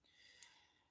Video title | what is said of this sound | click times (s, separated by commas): BEE-UTIFUL BumbleBee (Live Replay) | This one, I feel like I could do another snap on it, maybe. | 0.4 s